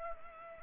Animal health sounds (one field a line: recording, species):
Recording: mosquito wingbeat signal from an infrared sensor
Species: Culex pipiens